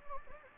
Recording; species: mosquito wingbeat signal from an infrared sensor; Anopheles gambiae